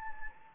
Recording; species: mosquito wingbeat signal from an infrared sensor; Anopheles gambiae